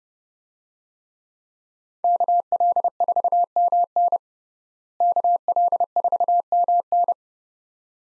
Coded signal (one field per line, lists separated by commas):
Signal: Morse code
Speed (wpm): 30 wpm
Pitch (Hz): 700 Hz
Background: none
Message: KL4MN KL4MN